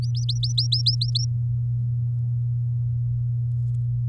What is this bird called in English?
Domestic Canary